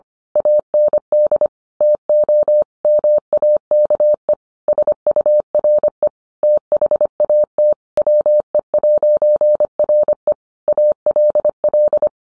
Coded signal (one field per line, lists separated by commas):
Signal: Morse code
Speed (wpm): 25 wpm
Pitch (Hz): 600 Hz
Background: none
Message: AND TO MAKE SURE THAT WE'RE ALL